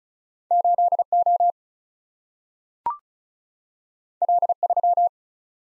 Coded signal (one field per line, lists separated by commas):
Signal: Morse code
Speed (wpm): 36 wpm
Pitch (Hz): 700 Hz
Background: none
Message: 8O L3